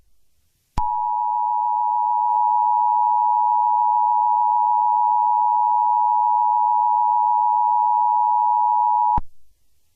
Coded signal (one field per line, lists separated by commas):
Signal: Emergency Alert System (SAME) tones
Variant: 853 and 960 Hz attention tone